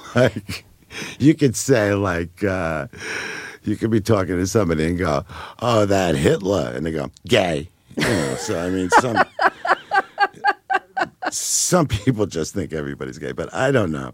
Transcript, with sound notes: Like, you could say, like--you could be talking to somebody and go, `Oh, that Hitler,' and they go, `Gay!' you know. (Laughs) So I mean, some people just think everybody's gay, but I don't know.